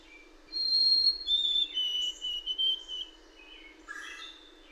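Bird song of clear whistled notes near one pitch, then sliding lower, ending with a short burst of chirps, over faint background hiss.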